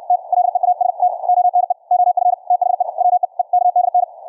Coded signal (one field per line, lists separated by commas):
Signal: Morse code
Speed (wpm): 64 wpm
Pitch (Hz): 710 Hz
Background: none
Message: T LEAST ONE OF THE WEEKDN